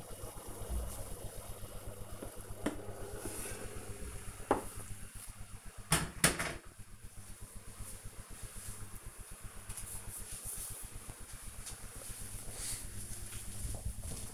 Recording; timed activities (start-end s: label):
household activities, microphone on the right wrist
0.00-5.47 s: making tea